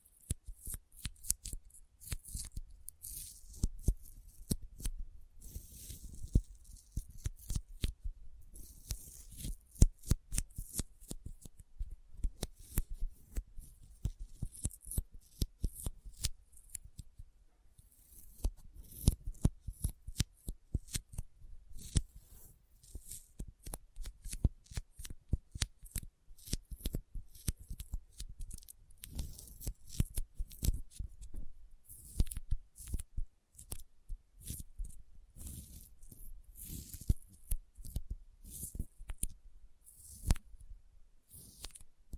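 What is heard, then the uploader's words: Sticky finger sounds: dense, rapid clicks and peeling snaps crowd together for the whole stretch, crisp and bright on top with a soft low thud beneath. The pace is irregular, thinning briefly around the middle before growing busy again. ASMR Intense Sticky Finger Sounds (No Talking).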